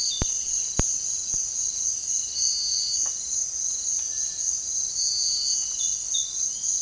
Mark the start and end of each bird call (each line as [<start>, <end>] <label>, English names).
[3.93, 4.58] Cinereous Tinamou